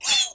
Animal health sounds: pig call; piglet (1 to 25 days)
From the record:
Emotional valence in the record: negative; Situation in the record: castration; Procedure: castration, cut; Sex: male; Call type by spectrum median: high-frequency call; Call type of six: high-frequency stable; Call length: 0.35 s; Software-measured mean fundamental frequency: 309 Hz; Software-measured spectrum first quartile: 3481 Hz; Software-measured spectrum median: 5388 Hz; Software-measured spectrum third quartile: 8119 Hz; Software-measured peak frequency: 3454 Hz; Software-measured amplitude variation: 163 dB a second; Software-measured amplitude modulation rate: 15.7 a second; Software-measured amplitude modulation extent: 10.4 dB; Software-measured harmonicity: 3.9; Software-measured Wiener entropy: -2.10

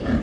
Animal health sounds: pig call; growing-finishing pig (85 days or more)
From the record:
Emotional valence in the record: negative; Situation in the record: barren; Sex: female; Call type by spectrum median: low-frequency call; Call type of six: low-frequency stable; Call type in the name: low-frequency stable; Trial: 3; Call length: 0.23 s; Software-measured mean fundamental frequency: 40 Hz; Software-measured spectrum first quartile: 171 Hz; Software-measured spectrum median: 272 Hz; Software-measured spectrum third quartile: 637 Hz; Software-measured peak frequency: 237 Hz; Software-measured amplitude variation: 115 dB a second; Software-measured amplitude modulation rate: 13.3 a second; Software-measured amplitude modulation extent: 8.7 dB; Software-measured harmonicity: -0.3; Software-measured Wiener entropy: -0.89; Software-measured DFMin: 870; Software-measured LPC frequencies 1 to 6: 1726, 2906, 4464, 6217, 7147, 8143 Hz

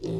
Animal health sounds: pig call; weaner (32 to 43 days)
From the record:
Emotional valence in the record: negative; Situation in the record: short isolation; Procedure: open field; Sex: female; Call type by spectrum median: low-frequency call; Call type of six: low-frequency stable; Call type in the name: low-frequency stable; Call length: 0.20 s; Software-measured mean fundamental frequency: 52 Hz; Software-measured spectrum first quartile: 164 Hz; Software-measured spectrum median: 308 Hz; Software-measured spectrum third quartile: 446 Hz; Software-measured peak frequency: 361 Hz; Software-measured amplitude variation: 122 dB a second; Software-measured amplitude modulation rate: 25.1 a second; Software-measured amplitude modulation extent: 4.9 dB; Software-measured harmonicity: 4.3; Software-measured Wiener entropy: -0.31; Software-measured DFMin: 1090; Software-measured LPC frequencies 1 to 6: 367, 1977, 2792, 3581, 4165, 4911 Hz

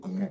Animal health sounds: pig call; piglet (1 to 25 days)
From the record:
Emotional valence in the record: negative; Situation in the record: short isolation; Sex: male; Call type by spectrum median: low-frequency call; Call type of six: low-frequency modulated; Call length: 0.30 s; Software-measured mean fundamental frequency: 93 Hz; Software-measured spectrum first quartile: 192 Hz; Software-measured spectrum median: 226 Hz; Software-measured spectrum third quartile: 417 Hz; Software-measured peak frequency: 196 Hz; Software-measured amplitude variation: 154 dB a second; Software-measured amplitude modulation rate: 8.2 a second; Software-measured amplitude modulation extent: 18.7 dB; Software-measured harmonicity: 12.6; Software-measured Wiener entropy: -0.21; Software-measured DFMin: 1088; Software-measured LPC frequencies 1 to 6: 1945, 3477, 4376, 4978, 5975, 6712 Hz

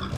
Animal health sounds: pig call; growing-finishing pig (85 days or more)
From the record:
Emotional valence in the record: positive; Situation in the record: run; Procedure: transit

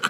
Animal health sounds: pig call; piglet (1 to 25 days)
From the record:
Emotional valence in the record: positive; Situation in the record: before nursing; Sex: male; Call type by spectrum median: low-frequency call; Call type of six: low-frequency tonal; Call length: 0.10 s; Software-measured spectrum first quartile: 1310 Hz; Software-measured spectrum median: 1738 Hz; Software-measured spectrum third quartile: 3548 Hz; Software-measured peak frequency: 1420 Hz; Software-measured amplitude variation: 219 dB a second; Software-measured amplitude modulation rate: 4.9 a second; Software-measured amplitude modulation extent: 44.9 dB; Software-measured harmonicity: 3.0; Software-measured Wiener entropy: -1.55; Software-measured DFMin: 735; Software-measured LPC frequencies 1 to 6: 1452, 2511, 3053, 4133, 6228, 7574 Hz

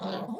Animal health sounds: pig call; piglet (1 to 25 days)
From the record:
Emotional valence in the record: negative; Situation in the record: short isolation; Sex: female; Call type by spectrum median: low-frequency call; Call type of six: mixed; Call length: 0.41 s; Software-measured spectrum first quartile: 263 Hz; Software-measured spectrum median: 548 Hz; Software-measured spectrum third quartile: 1107 Hz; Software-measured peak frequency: 211 Hz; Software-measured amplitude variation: 150 dB a second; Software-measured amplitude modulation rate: 17.3 a second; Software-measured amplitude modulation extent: 8.7 dB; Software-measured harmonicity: 4.4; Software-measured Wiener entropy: -0.65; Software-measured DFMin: 1336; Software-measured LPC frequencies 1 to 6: 603, 3735, 4600, 6787, 8013, 8599 Hz

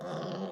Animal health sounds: pig call; piglet (1 to 25 days)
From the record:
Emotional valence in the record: negative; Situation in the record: long isolation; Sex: female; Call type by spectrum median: low-frequency call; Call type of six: low-frequency modulated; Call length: 0.52 s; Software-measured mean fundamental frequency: 50 Hz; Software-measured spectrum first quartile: 259 Hz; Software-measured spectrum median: 511 Hz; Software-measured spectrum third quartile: 904 Hz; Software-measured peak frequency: 188 Hz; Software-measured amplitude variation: 70 dB a second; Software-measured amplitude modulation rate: 18.2 a second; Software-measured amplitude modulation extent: 3.9 dB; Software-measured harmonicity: 1.7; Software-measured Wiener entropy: -0.36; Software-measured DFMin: 1273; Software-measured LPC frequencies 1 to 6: 521, 3063, 3461, 4455, 5031, 5667 Hz

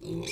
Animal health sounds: pig call; weaner (32 to 43 days)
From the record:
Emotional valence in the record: negative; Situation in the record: novel object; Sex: female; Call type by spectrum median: low-frequency call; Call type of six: mixed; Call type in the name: high-frequency modulated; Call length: 0.32 s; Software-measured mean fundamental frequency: 217 Hz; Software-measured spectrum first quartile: 281 Hz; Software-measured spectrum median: 958 Hz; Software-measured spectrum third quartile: 4081 Hz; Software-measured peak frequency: 353 Hz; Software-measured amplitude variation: 119 dB a second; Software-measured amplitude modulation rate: 21.8 a second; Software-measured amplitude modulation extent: 5.5 dB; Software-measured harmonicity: 5.3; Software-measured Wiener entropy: -4.04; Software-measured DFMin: 1104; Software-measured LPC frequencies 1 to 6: 364, 2384, 3605, 4054, 5383, 6261 Hz

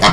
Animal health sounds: pig call; piglet (1 to 25 days)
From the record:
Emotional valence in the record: positive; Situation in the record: reunion after long isolation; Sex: male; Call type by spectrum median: low-frequency call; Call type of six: low-frequency tonal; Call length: 0.12 s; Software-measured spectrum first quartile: 723 Hz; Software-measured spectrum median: 1516 Hz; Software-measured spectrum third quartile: 3395 Hz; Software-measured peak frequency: 169 Hz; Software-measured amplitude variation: 83 dB a second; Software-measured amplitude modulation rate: 12.0 a second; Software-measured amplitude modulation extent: 6.9 dB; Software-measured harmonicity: -0.4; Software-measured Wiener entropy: -1.68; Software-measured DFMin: 533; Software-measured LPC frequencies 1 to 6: 837, 1126, 2041, 3222, 3887, 4472 Hz

